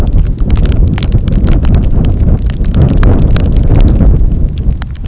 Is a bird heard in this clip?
no